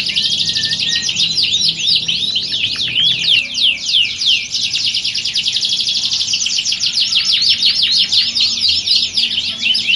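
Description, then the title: Canary song with tumbling whistled slurs followed by long rapid trills, a steady, intense stream of high notes. Belgian canary; warm-up song used to train birds for singing contests, a contest simulation meant to build a champion canary's nerve. "Canto Para Esquentar Canário Belga. Simulasi Lomba Kenari. Suara Kenari Lomba. Melatih Mental Kenari Juara"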